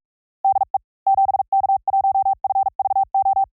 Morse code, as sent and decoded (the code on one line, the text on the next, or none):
-.. . / --... -.- .---- ..-. ...- ---
DE 7K1FVO